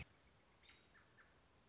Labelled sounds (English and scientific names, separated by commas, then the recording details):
American Robin (Turdus migratorius)
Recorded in Sonoma County, California